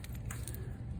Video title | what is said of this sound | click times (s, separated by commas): Basic steps for disassembling and reassembling a desktop computer. | just like that and you can tell when it snaps into place everything | 0.3 s, 0.5 s